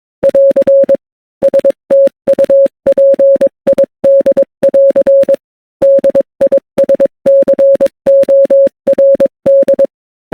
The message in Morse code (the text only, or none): <AR> STUPID<AR> DISCORD